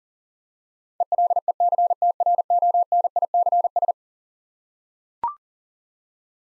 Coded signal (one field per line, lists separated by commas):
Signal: Morse code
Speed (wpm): 40 wpm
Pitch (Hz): 700 Hz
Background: none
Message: ELECTRONICS